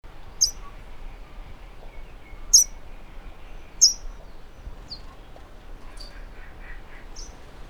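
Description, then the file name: House sparrow calls: short, sharp high chirps given singly at irregular intervals, three louder ones early then a few fainter, over a steady low background hiss. "Passer domesticus"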